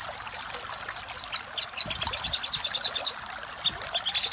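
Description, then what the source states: Little spiderhunter: quick run of shrill notes that drop slightly in pitch, then a short pause and a few more notes. Master recording used for training cage birds; Indonesian name sogok ontong labaik.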